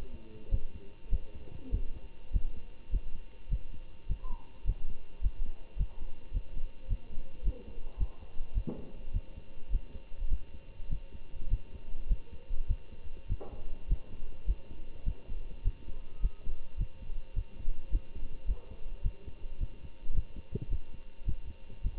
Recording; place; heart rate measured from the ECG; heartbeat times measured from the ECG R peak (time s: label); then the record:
heart sounds by stethoscope; between the tricuspid and mitral areas; 104 bpm
0.49 s: heartbeat
1.09 s: heartbeat
1.70 s: heartbeat
2.31 s: heartbeat
2.90 s: heartbeat
3.49 s: heartbeat
4.07 s: heartbeat
4.65 s: heartbeat
5.21 s: heartbeat
5.76 s: heartbeat
6.32 s: heartbeat
6.88 s: heartbeat
7.43 s: heartbeat
7.97 s: heartbeat
8.53 s: heartbeat
9.12 s: heartbeat
9.70 s: heartbeat
10.28 s: heartbeat
10.88 s: heartbeat
11.49 s: heartbeat
12.07 s: heartbeat
12.67 s: heartbeat
13.27 s: heartbeat
13.87 s: heartbeat
14.45 s: heartbeat
15.04 s: heartbeat
15.63 s: heartbeat
16.20 s: heartbeat
16.76 s: heartbeat
17.34 s: heartbeat
17.90 s: heartbeat
18.45 s: heartbeat
19.02 s: heartbeat
19.58 s: heartbeat
20.13 s: heartbeat
20.68 s: heartbeat
21.25 s: heartbeat
21.82 s: heartbeat
From the record:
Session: Bruce protocol treadmill stress test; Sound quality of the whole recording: good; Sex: male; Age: 25 years